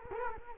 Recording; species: mosquito wingbeat signal from an infrared sensor; Culex quinquefasciatus